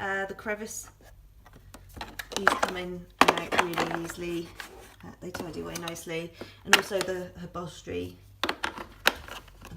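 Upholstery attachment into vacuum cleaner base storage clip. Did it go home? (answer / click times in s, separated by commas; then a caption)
yes / 9.1 s. Someone talks while a plastic upholstery attachment is pushed back into its storage clip on the vacuum cleaner base. A few light taps come before a sharp click at 9.1 seconds as the attachment seats in place.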